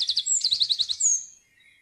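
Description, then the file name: Eurasian wren song fragment: a fast, high rattling trill of sharp notes, then a thin bright whistle, all over in under two seconds. "gjerdesmett"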